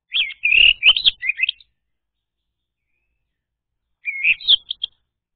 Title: Anis Merah Macet.. Pancing Dengan Suara Ini.. # Anis Merah